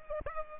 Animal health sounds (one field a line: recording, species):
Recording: mosquito wingbeat signal from an infrared sensor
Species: Culex pipiens